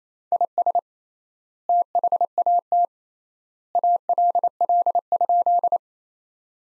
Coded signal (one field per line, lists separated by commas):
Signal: Morse code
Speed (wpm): 28 wpm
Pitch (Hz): 700 Hz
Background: none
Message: IS THAT ALL?